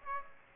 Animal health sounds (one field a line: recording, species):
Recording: mosquito wingbeat signal from an infrared sensor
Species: Aedes aegypti